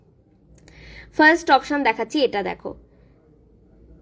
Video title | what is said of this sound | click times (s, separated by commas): TRENDING JEWELLERY COLLECTION ONLINE SHOPPING ONLINE SHOPPING | কটাস করে একটা শব্দ হবে, মানে জিনিসটা লক হয়ে যাওয়া। | 0.6 s